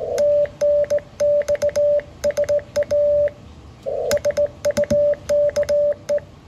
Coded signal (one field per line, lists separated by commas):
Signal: Morse code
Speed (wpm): 19 wpm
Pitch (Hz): 580 Hz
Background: none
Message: TNX SA SUKE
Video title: QSO with JM7OLW - this time on 15m wtih the phased verticals